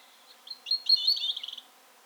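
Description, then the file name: European robin song: a short, clear phrase of thin, high warbling notes that run into a quick trill, with quiet surroundings. "Erithacus rubecula - European Robin"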